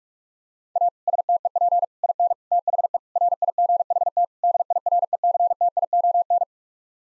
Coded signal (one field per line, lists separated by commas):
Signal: Morse code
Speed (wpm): 46 wpm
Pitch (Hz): 700 Hz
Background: none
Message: A STEP IN THE RIGHT DIRECTION